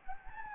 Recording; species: mosquito wingbeat signal from an infrared sensor; Anopheles gambiae